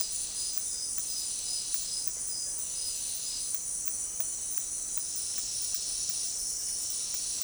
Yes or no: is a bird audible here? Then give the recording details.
no. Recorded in dense forest near Puerto Asís, Putumayo, Colombia, on 20 February 2024 at 18:00. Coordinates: 0.500, -76.322. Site G6465